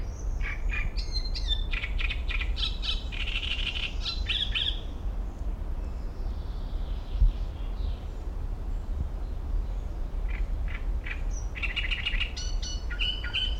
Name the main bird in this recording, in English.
Great Reed Warbler